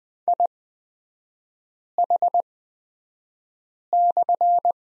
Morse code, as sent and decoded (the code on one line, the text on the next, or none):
.. .... -..-.
IH/